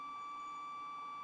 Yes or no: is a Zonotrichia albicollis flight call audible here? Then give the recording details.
no. No flight call is heard. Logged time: 23:06 on 30 November 2014